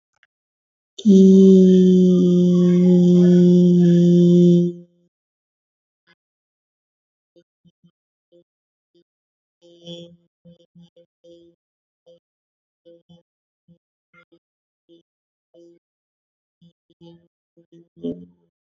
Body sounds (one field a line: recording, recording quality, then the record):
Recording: sustained vowel as in beet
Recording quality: excellent, no background noise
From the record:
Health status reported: healthy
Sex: female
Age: 24 years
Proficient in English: yes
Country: India